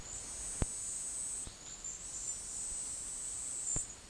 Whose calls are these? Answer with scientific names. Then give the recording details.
none. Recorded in dense forest near Puerto Asís, Putumayo, Colombia, on 20 February 2024 at 10:00. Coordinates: 0.485, -76.322. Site G6406